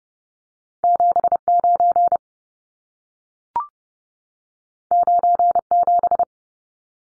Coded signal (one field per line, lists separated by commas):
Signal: Morse code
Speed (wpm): 30 wpm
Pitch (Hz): 700 Hz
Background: none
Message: 79 97